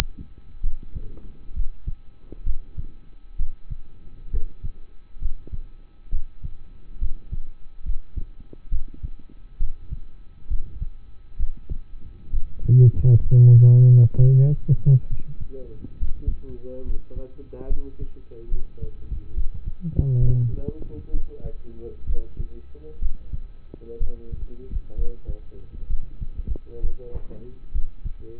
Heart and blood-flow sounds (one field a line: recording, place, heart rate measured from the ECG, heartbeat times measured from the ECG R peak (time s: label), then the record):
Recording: heart sounds by stethoscope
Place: between the tricuspid and mitral areas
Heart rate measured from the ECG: 66 bpm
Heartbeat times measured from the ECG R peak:
0.61 s: heartbeat
1.54 s: heartbeat
2.44 s: heartbeat
3.37 s: heartbeat
4.31 s: heartbeat
5.19 s: heartbeat
6.10 s: heartbeat
6.99 s: heartbeat
7.83 s: heartbeat
8.70 s: heartbeat
9.58 s: heartbeat
10.48 s: heartbeat
11.37 s: heartbeat
12.31 s: heartbeat
13.21 s: heartbeat
14.15 s: heartbeat
15.08 s: heartbeat
15.98 s: heartbeat
16.84 s: heartbeat
17.68 s: heartbeat
18.49 s: heartbeat
19.34 s: heartbeat
20.19 s: heartbeat
21.11 s: heartbeat
22.06 s: heartbeat
22.99 s: heartbeat
23.98 s: heartbeat
24.95 s: heartbeat
25.87 s: heartbeat
26.81 s: heartbeat
27.72 s: heartbeat
From the record:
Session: rest, lying down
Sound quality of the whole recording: partially saturated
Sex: male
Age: 27 years